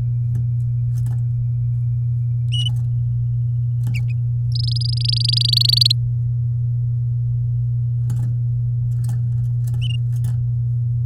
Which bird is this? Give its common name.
Domestic Canary